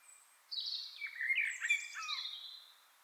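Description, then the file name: Common blackbird singing a short phrase of fluting and scratchy, high twittering notes, lasting about two seconds. "Turdus merula"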